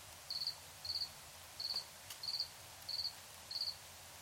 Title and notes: Crickets and coyotes. Tiny, Ontario. Anton Pickard